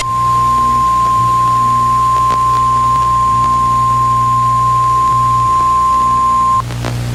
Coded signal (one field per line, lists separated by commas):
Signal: Emergency Alert System (SAME) tones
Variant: 1050 Hz attention tone